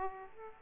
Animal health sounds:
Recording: mosquito wingbeat signal from an infrared sensor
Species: Aedes aegypti

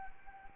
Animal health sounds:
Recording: mosquito wingbeat signal from an infrared sensor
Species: Anopheles arabiensis

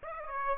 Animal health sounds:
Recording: mosquito wingbeat signal from an infrared sensor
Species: Aedes aegypti

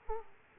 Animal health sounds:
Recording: mosquito wingbeat signal from an infrared sensor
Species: Aedes aegypti

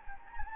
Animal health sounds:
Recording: mosquito wingbeat signal from an infrared sensor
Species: Anopheles gambiae

